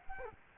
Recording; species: mosquito wingbeat signal from an infrared sensor; Culex quinquefasciatus